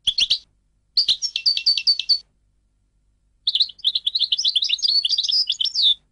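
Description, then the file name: European goldfinch song in three bursts, short twitters followed by a long, rapid, tinkling warble lasting over two seconds. "audio burung goldfinch"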